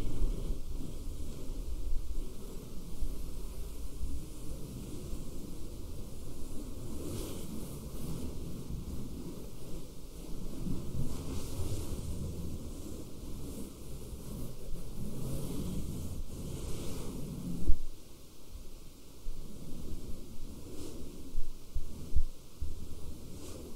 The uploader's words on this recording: ASMR SCRATCHING FABRIC NO TALKING, FABRIC SOUNDS, AGGRESSIVE FABRIC SCRATCHING ASMR.